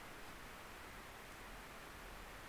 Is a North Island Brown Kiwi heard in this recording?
no